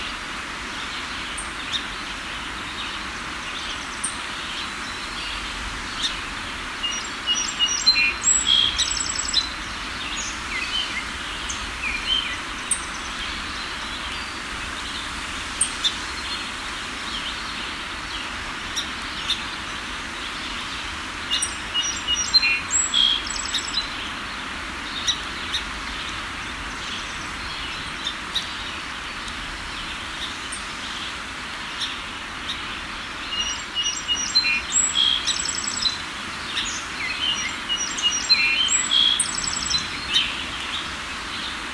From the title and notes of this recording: Early morning on the banks of the Delaware. There’s still a low cloud hugging the treeline before the streaks of sun will light up the shores and site. The birds are vocal, chip chip chirruping with their close calls and distant replies over the hushing-rushing of the river as it flattens out over the eel weir. July 2019.